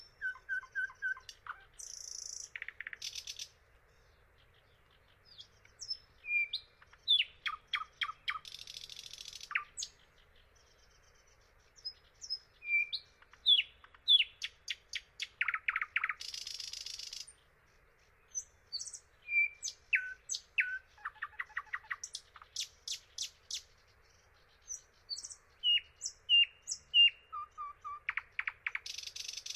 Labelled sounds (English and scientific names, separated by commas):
Thrush Nightingale (Luscinia luscinia) song